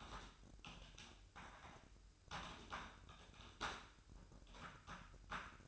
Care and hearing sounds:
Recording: daily activity, microphone in the room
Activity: typing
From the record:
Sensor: 2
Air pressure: 1007.5 hPa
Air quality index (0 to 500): 43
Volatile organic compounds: 1 ppm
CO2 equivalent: 549 ppm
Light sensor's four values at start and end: 9/22/9/10 and 9/22/9/10

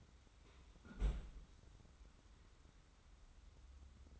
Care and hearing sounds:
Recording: daily activity, microphone in the room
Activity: close fridge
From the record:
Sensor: 3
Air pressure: 994.4 hPa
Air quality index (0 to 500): 208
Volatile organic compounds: 1000 ppm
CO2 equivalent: 6965 ppm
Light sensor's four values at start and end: 190/458/193/193 and 178/427/180/178

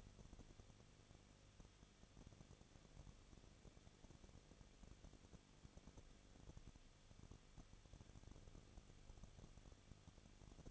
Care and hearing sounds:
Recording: daily activity, microphone in the room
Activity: no activity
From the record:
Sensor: 4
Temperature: 23.1 degrees Celsius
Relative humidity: 34.3%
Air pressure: 1007.2 hPa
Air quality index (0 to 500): 216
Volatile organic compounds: 15 ppm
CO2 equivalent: 2500 ppm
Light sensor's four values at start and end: 2/3/1/1 and 2/3/1/1

